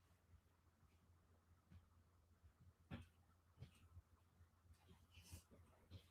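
Someone pushes the second leg of a Brother SE1900 sewing table into its mount on the table frame, making a few soft knocks and rustles over a steady low hum. The leg has not snapped in; nothing has seated or clicked yet.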